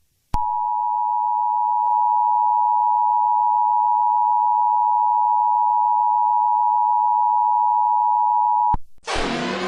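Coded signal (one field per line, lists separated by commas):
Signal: Emergency Alert System (SAME) tones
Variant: 853 and 960 Hz attention tone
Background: music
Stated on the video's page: Fictional EAS scenario.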